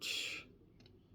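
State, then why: Seated. A plastic chest plate is connected onto a combined Transformers Generation One Constructicons robot figure, Devastator, and clicks into place. The clip opens with a brief burst of broadband noise, followed by two faint clicks at 0.8 and 0.9 seconds as the plate seats. Someone talks.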